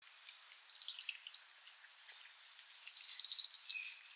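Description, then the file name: European robin song, scattered high twittering notes building into a loud rapid trill near the end, one lower whistle after. "Erithacus rubecula"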